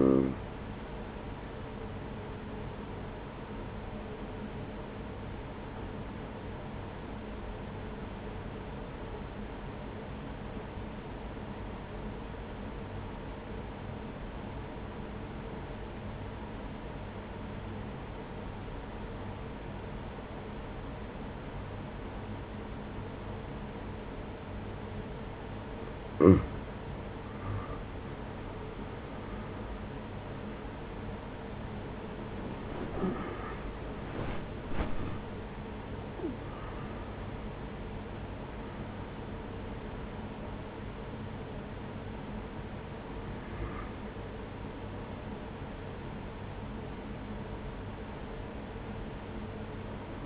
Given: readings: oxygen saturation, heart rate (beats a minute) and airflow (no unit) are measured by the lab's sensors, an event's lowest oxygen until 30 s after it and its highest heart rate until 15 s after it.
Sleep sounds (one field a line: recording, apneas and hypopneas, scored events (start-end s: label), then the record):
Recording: breathing in sleep by a voice recorder at the bedside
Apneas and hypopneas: 1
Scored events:
5.00-27.30 s: obstructive apnea (N2, oxygen 94% highest, then 86% lowest, heart rate 42 at the start, 72 highest)
40.00-50.26 s: new sleep stage, N1 (lightest sleep)
From the record:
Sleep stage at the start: N2 (light sleep)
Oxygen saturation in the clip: 86 to 94%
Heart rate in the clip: 42 to 72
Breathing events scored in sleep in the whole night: 210 in 6.9 hours asleep